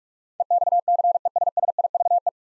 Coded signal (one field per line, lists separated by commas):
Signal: Morse code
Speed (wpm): 46 wpm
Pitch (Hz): 700 Hz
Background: none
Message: EXCESSIVE